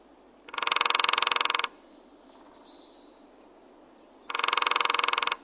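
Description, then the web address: Lesser spotted woodpecker drumming: two rapid, even rattling rolls separated by a pause of a few seconds. "epeichette"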